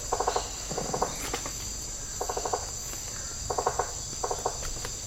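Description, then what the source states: Shrill, unbroken insect buzz underlying groups of fast ticking pulses repeated several times. Tropical rainforest habitat.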